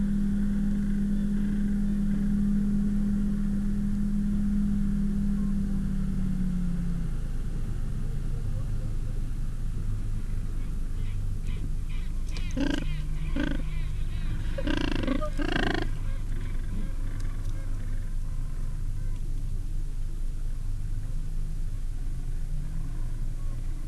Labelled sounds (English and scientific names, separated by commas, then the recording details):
Gentoo Penguin (Pygoscelis papua)
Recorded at the colony at Cuverville Island, Antarctica, on 15 December 2015
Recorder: Song Meter SM2+